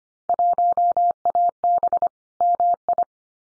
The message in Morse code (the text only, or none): 1AB MI